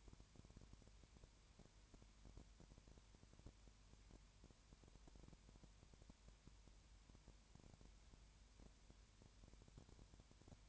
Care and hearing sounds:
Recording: daily activity, microphone in the room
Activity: no activity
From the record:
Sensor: 2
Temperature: 20.3 degrees Celsius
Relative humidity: 33.8%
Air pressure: 1003.1 hPa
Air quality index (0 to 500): 83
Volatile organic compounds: 1 ppm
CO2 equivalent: 789 ppm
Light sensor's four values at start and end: 2/3/2/2 and 2/3/2/2

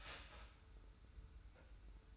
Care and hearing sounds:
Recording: daily activity, microphone in the room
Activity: start toaster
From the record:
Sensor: 2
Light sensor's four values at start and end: 26/62/25/25 and 26/62/25/25

